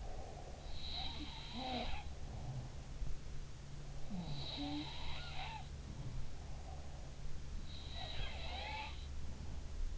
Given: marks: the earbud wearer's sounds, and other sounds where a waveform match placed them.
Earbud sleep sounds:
sounds in sleep by an in-ear microphone; breath
0.00-0.81 s: breath
0.58-2.99 s: sound from someone else or the room
4.06-6.56 s: sound from someone else or the room
7.70-9.75 s: sound from someone else or the room

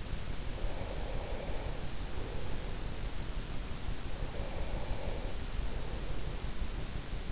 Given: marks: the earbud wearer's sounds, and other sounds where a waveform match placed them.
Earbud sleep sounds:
sounds in sleep by an in-ear microphone; breath
0.08-7.32 s: breath

